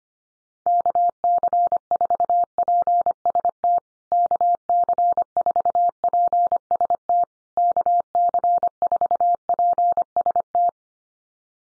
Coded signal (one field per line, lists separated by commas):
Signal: Morse code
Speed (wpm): 25 wpm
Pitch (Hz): 700 Hz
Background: none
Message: KC4PST KC4PST KC4PST